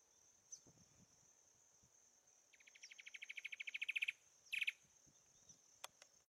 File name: canto do papa formiga do sincora